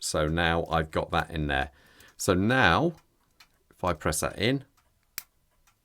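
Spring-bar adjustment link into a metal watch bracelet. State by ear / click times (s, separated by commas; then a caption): seated / 5.2 s. Someone talks while fitting a steel spring-bar adjustment link into a metal watch bracelet, then presses it in. After a quiet pause, a sharp, bright click at 5.2 s marks the link snapping into place and locking in.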